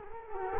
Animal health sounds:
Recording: mosquito wingbeat signal from an infrared sensor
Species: Culex quinquefasciatus

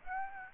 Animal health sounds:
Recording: mosquito wingbeat signal from an infrared sensor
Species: Aedes aegypti

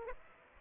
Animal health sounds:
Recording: mosquito wingbeat signal from an infrared sensor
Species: Aedes aegypti

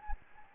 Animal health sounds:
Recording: mosquito wingbeat signal from an infrared sensor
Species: Anopheles gambiae

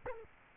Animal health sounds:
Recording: mosquito wingbeat signal from an infrared sensor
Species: Culex quinquefasciatus

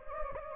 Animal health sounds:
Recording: mosquito wingbeat signal from an infrared sensor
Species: Anopheles gambiae

